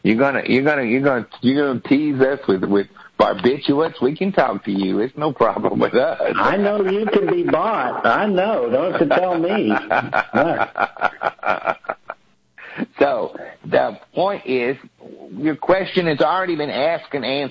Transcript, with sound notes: You’re gonna, you’re gonna, you’re gonna, you’re gonna tease us with with barbiturates? We can talk to you. It’s no problem with us. [laughs]
I know you can be bought. I know, don’t you tell me.
So, the point is, your question has already been asked and answered.